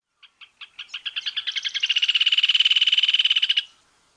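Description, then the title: Bird song, a few separate high notes that speed up into a rapid, even trill, then stop abruptly after about three and a half seconds. "LuckyPassaro Completos2Sama"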